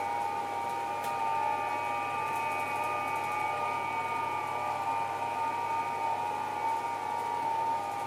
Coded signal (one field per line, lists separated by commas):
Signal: FT8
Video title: Tuto FT8 depuis smartphone vers Xiegu G90 sans CAT CONTROL